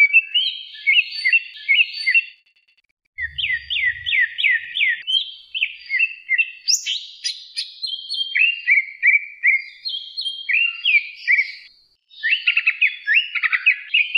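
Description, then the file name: Greater green leafbird in long, rambling song of quick twittering and whistled phrases, broken by two short pauses, with a soft low thump early on. Medan type. "suara cucak hjau medan"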